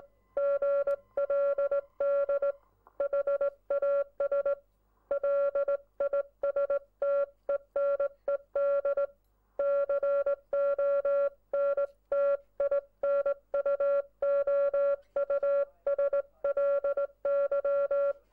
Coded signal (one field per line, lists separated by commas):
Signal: Morse code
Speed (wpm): 19 wpm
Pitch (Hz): 560 Hz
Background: none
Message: GLD HAS LISTENED CONTINUOUSLY